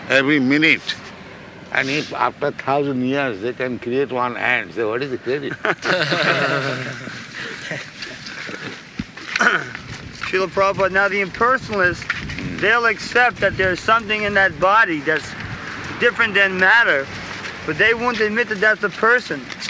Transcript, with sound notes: every minute, and if after thousand years they can create one ant, so what is the credit? [laughter]
Śrīla Prabhupāda, now the impersonalists, they will accept that there's something in that body that's different than matter, but they won't admit that that's a person.